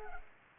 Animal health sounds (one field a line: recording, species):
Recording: mosquito wingbeat signal from an infrared sensor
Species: Culex pipiens